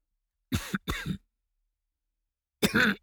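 Three soft, short, gentle cough bursts from an adult: two close together near the start, then a third after about a second and a half of silence. They are mild, unforced and acted, with a throat-clearing quality.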